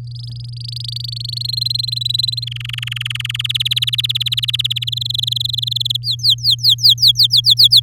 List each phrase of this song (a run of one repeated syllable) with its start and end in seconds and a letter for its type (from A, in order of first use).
0.07-1.47 A, 1.49-2.44 B, 2.47-3.42 C, 3.44-4.84 D, 4.87-5.96 E, 6.03-7.80 F